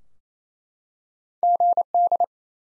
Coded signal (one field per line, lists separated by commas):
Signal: Morse code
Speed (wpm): 28 wpm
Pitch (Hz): 700 Hz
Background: none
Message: GD